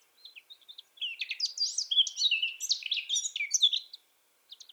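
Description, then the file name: Eurasian blackcap giving a fast, scratchy warble of about three seconds, preceded and followed by a few short high chirps, in an otherwise quiet background. "Sylvia atricapilla"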